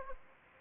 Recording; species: mosquito wingbeat signal from an infrared sensor; Anopheles gambiae